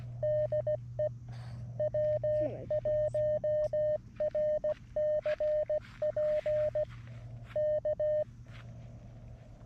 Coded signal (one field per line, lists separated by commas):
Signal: Morse code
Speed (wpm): 16 wpm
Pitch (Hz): 610 Hz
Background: none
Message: DE W1RCP K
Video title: A hike and QRP POTA activation of the Doerun Pitcherplant Bog WMA K-7882